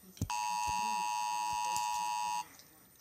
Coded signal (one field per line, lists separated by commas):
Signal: Emergency Alert System (SAME) tones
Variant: 853 and 960 Hz attention tone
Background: speech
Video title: Emergency Alert System and North Korea for Toyko I HAVE the the manners and support the manners and